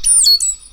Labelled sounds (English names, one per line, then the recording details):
Stitchbird song
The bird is a male
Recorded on Tiritiri Matangi Island, New Zealand, in 2005
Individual 10, of nest box 12